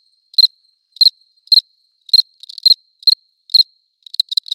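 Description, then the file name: Cricket giving short, sharp chirps about every half second, then a quicker cluster of stuttering pulses near the end, with no other sounds. Close recording; León. "Cricket close recording Leon"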